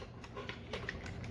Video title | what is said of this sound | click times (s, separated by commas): Edoggz Reviews: Transformers Masterpiece MP-57 [Cybertron Aviation Defense] Skyfire | so now it's locked in | 0.9 s